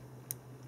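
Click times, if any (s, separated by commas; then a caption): 0.3 s. An adjustable airflow control ring on the base of an Aspire Nautilus vaporizer tank is turned and drops into position on what seems to be a ball-bearing-type detent. A faint, sharp metallic click is heard at 0.3 s over a steady low hum. The ring seats in place.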